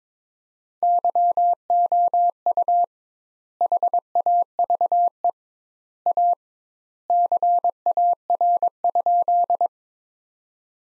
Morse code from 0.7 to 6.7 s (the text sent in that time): YOU HAVE A